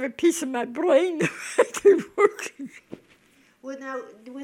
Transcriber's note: she laughs